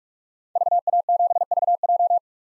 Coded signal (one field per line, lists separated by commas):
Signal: Morse code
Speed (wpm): 42 wpm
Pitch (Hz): 700 Hz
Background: none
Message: VA7VJ